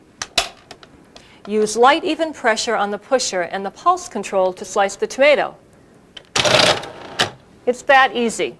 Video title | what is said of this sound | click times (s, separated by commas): CuisinArt: How to Use Your Food Processor (For Use with DLC-7 and DLC-8 Series Models) | place it over the large feed tube press down on the sleeve and you'll hear it click | 0.4 s